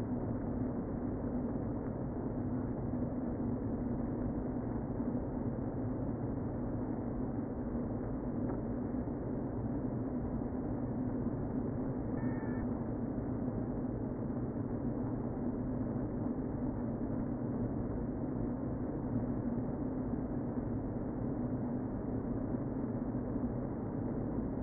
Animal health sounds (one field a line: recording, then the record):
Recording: honeybee colony, microphone inside the hive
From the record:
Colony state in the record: queen present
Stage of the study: before two queens were removed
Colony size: about 60,000 bees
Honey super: yes